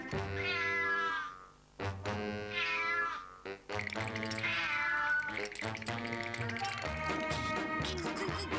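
A cat meows repeatedly and loudly, a string of drawn-out, wavering cries that slide up and down in pitch with only brief pauses between them.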